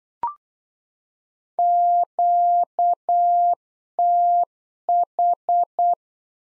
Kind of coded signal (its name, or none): Morse code